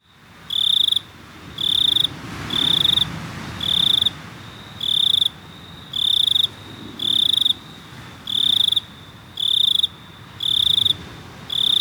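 Cricket chirping steadily, about eleven shrill trilled bursts spaced evenly roughly a second apart, over quiet low background noise.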